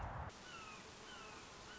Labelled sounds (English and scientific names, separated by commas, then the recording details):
Red-shouldered Hawk (Buteo lineatus)
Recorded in Sonoma County, California